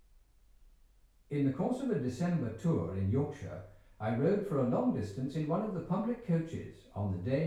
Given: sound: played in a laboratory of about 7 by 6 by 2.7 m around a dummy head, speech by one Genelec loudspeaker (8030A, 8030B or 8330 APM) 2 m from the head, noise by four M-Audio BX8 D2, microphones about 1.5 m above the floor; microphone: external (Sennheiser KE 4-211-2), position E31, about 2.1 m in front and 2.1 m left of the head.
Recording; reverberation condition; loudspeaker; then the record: male speech in English; medium; 90 degrees to the left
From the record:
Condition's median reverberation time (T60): about 510 ms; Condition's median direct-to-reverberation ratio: about -0.5 dB